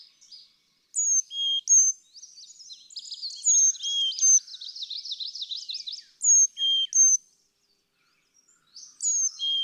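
Carolina chickadee gives several whistled phrases, each high then lower, with jumbled high chattering between them.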